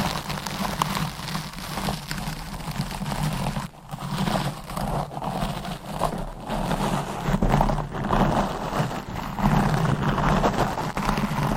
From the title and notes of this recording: ASMR Deep Mic Scratching , Brushing & Stroking Asmr No Talking.